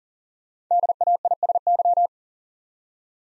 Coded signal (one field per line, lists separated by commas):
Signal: Morse code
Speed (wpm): 43 wpm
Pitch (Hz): 700 Hz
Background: none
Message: DAISY